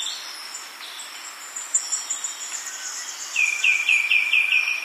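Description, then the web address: White-winged becard song arriving late: several descending whistled notes in quick succession, after a stretch of high background sounds and hiss. Ecuador. "Natures Songs S America Birds of Ecuador White-winged Becard"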